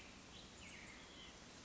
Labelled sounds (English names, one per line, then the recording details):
White-breasted Nuthatch
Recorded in Sonoma County, California